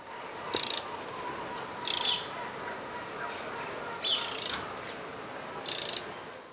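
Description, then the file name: Eurasian wren giving four short, very high, hissing call bursts at irregular intervals over a steady background hiss. "Troglodytes troglodytes"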